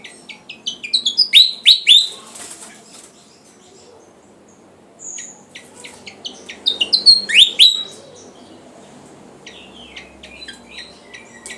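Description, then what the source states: Flycatcher song in two bursts of rapid high twittering notes with sharp downslurred whistles, separated by a pause with a few thin notes. Javan flycatcher (sikatan Jawa), described as gacor, singing vigorously.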